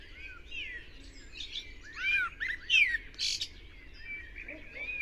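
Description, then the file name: Common blackbird song: a few swooping fluted notes followed by a harsh high twitter, with quieter chirping birds around. "Turdus merula"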